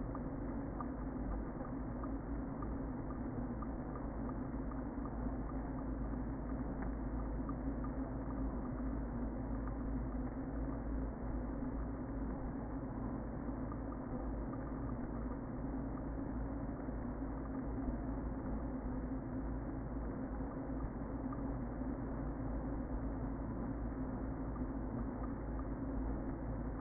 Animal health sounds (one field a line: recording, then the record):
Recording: honeybee colony, microphone inside the hive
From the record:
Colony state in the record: queen present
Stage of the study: before two queens were removed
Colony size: about 60,000 bees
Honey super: yes